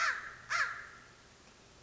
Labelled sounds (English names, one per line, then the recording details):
American Crow
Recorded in Sonoma County, California